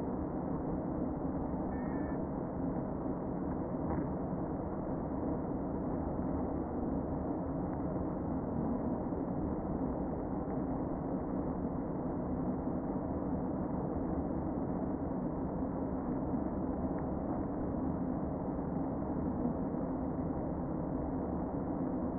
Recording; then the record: honeybee colony, microphone inside the hive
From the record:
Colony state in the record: queen present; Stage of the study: before two queens were removed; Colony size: about 60,000 bees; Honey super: yes